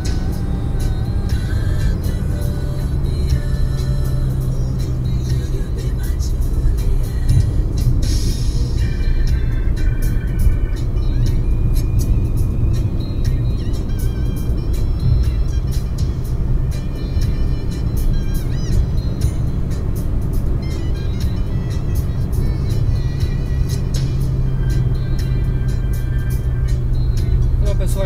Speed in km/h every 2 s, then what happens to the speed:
119, 112, 107, 104, 100, 103, 107, 111, 115, 119, 118, 113, 108, 103.
0-7 slows to 100. 7-18 speeds up to 119. 18-28 slows to 103.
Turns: none.